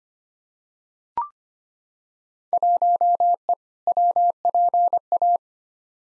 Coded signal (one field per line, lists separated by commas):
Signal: Morse code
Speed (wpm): 25 wpm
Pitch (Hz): 700 Hz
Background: none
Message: 1E WPA